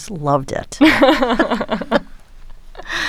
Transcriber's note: laughter